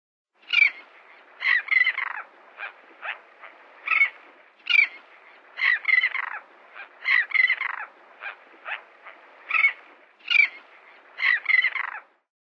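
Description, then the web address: Royal tern giving harsh, raspy squawking calls, single notes and short rolling bursts repeated over about twelve seconds against a quiet background. "Songs of Birds of North America Western USA Songbirds. Royal Tern"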